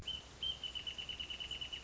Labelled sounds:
Wrentit (Chamaea fasciata)
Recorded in Sonoma County, California

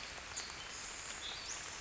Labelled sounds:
Western Flycatcher (Empidonax difficilis)
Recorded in Sonoma County, California

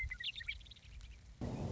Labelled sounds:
Western Meadowlark (Sturnella neglecta)
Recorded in Sonoma County, California

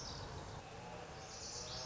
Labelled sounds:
Lazuli Bunting (Passerina amoena)
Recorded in Sonoma County, California

